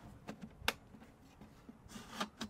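A cabinet drawer box for a van galley cabinet is handled over its extended drawer slides, to be lowered so the holes in its bottom line up with the slide pins and latches. Soft scrapes and light knocks are heard, with the sharpest tap around 0.7 s and a few more near 2.2 and 2.4 s. Nothing has seated or clicked yet.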